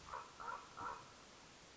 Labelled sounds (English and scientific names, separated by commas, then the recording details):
Common Raven (Corvus corax)
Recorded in Sonoma County, California